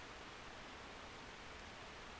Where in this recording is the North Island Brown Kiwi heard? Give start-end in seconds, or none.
none